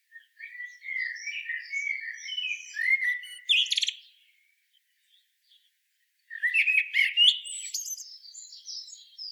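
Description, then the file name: Common blackbird song: a long fluting warble that ends in a squeaky twitter, then a silence of about two seconds and a second phrase with high chattering notes. "Turdus merula"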